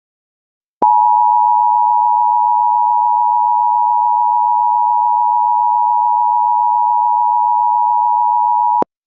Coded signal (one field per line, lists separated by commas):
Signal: Emergency Alert System (SAME) tones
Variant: 853 and 960 Hz attention tone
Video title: EAS For Severe Thunderstorm Watch #420 REAL